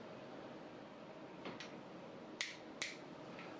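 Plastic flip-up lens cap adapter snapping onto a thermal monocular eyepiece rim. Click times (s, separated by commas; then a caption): 2.4 s, 2.8 s. A plastic flip-up lens cap adapter is shoved onto the shaved-down eyepiece rim of a thermal monocular. Two softer scraping sounds come at about 1.5 and 1.6 seconds, then two sharp clicks at 2.4 and 2.8 seconds. The plastic locking tabs spring back out behind the rim and lock the adapter in place.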